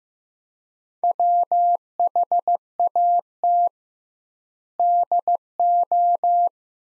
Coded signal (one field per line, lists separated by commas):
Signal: Morse code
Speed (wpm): 16 wpm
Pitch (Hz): 700 Hz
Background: none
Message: WHAT DO